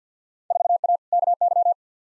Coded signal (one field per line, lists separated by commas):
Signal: Morse code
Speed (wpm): 50 wpm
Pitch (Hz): 700 Hz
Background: none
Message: 4A KY